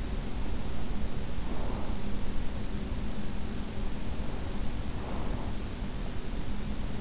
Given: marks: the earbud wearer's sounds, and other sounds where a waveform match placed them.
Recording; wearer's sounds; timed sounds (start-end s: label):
sounds in sleep by an in-ear microphone; breath
0.96-2.25 s: breath